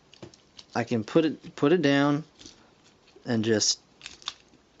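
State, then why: Partly seated. Someone talks while putting a plastic arm part down onto the body of a Transformers Generations Blitzwing transforming action figure, with faint handling ticks along the way. A sharp plastic click at 4.3 s marks the part clicking on. It stays on but does not lock in place and comes off when the arm is lifted.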